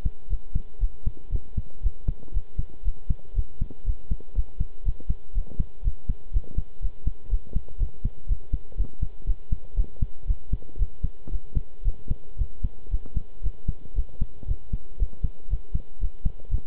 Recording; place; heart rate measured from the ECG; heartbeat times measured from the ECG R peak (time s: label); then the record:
heart sounds by stethoscope; between the tricuspid and mitral areas; 118 bpm
0.30 s: heartbeat
0.80 s: heartbeat
1.31 s: heartbeat
1.83 s: heartbeat
2.34 s: heartbeat
2.84 s: heartbeat
3.35 s: heartbeat
3.86 s: heartbeat
4.35 s: heartbeat
4.85 s: heartbeat
5.34 s: heartbeat
5.84 s: heartbeat
6.33 s: heartbeat
6.82 s: heartbeat
7.30 s: heartbeat
7.79 s: heartbeat
8.28 s: heartbeat
8.77 s: heartbeat
9.26 s: heartbeat
9.76 s: heartbeat
10.27 s: heartbeat
10.79 s: heartbeat
11.31 s: heartbeat
11.84 s: heartbeat
12.38 s: heartbeat
12.91 s: heartbeat
13.43 s: heartbeat
13.95 s: heartbeat
14.48 s: heartbeat
14.99 s: heartbeat
15.50 s: heartbeat
16.01 s: heartbeat
16.51 s: heartbeat
From the record:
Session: pedaling a stationary bicycle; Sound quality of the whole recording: good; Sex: male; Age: 23 years